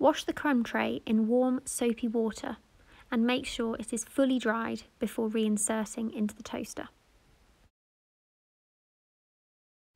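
Someone talks for about seven seconds while a washed, fully dried crumb tray for a SMEG toaster is being handled for reinsertion into the toaster's base, followed by near silence. The crumb tray has not yet seated or clicked into place.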